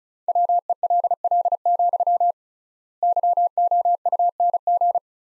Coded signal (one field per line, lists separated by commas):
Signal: Morse code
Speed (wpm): 34 wpm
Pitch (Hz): 700 Hz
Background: none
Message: WELL, YOUNG